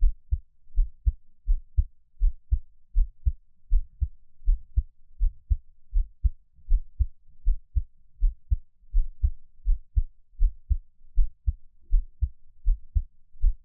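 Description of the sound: A gentle, calm adult heartbeat, heard close up at about 80 beats per minute, with no talking.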